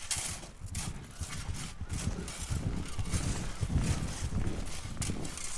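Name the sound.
horse hooves clip-clopping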